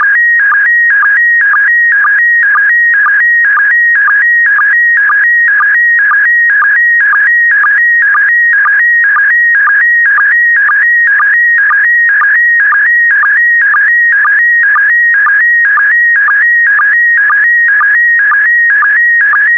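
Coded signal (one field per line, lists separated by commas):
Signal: SSTV (slow-scan television)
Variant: PD120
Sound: steady warbling tone with rhythmic low blips about twice a second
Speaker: complete you can now check your decoded image against the picture that is shown on the video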